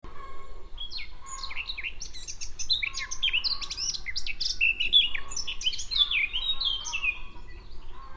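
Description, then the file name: Eurasian blackcap song: a dense, rapid warble of varied chirps and squeaky notes, unbroken from start to finish. "Sylvia atricapilla"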